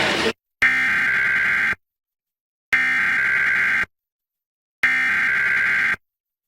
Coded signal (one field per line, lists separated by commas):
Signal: Emergency Alert System (SAME) tones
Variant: header bursts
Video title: LAW ENFORCEMENT WARNING on WDPN-DT1 [EAS #1,375]